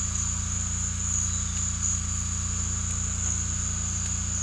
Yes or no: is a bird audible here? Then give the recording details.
no. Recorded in secondary vegetation near Puerto Asís, Putumayo, Colombia, on 18 December 2024 at 16:30. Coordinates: 0.485, -76.322. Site GP08